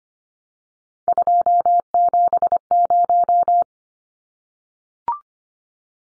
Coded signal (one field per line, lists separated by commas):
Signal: Morse code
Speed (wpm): 25 wpm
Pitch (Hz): 700 Hz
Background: none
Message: 270